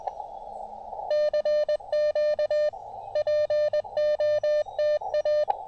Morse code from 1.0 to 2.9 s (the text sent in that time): CQ